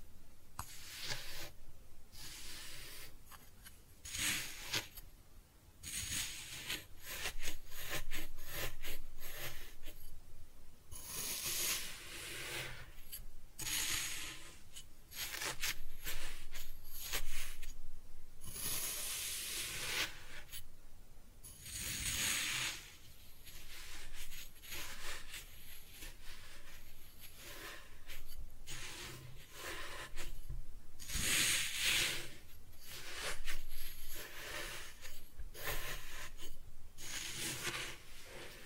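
Kinetic sand being cut and scooped, with bright, grainy rubbing and crunching bursts that come in irregular clusters, loudest around 18, 22 and 32 seconds.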